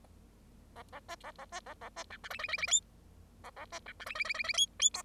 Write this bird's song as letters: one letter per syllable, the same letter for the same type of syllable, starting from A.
A A B A A B A A B C D E E E E F A A B C D E E E E E F F G